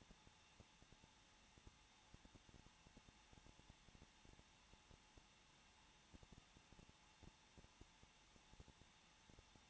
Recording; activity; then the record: daily activity, microphone in the room; no activity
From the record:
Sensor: 1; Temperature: 20.0 degrees Celsius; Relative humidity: 39.4%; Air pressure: 1006.4 hPa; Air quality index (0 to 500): 219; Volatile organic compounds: 83 ppm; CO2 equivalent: 3630 ppm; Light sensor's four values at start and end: 1/2/1/1 and 1/2/1/1